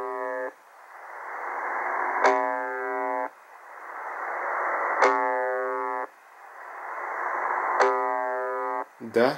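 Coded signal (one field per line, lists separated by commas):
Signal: channel marker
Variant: UVB-76 (The Buzzer)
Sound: harsh low buzz lasting about a second, repeating three times amid hiss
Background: radio static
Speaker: Да, это она. Очень четко слышно прием, замечательно. Маркер в виде жужжания.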